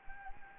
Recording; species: mosquito wingbeat signal from an infrared sensor; Anopheles gambiae